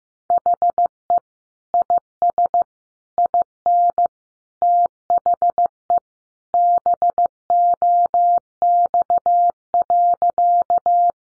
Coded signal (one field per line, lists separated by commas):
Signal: Morse code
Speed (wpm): 15 wpm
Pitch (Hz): 700 Hz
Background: none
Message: HE IS IN THE BOX.